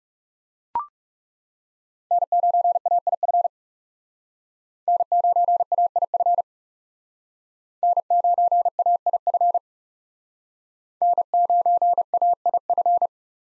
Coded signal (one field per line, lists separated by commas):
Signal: Morse code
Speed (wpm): 38 wpm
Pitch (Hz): 700 Hz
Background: none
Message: N9AIF N9AIF N9AIF N9AIF